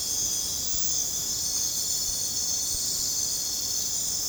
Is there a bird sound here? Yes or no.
no